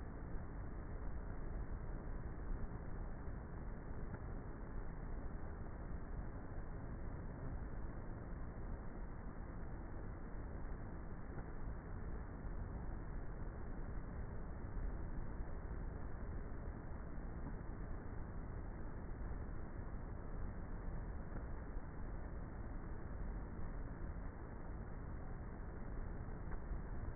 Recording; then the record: honeybee colony, microphone inside the hive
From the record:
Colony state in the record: queenless with a low population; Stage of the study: before two queens were removed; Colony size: about 30,000 bees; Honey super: no